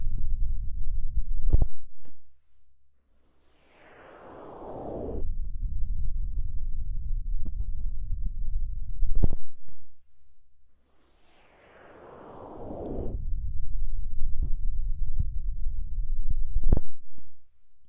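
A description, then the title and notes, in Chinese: An ear massage: a low, muffled rubbing and rumbling fills most of the clip, broken by brief quiet gaps. Twice, near 4 and 12 seconds, a brighter swishing sweep slides downward, and sharp taps land roughly every seven to eight seconds. 放松按摩耳朵。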